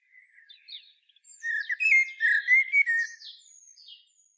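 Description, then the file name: Common blackbird song: soft low warbling that swells into a loud fluty phrase, then trails off in thin high twittering notes. "Turdus merula"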